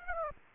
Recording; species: mosquito wingbeat signal from an infrared sensor; Aedes aegypti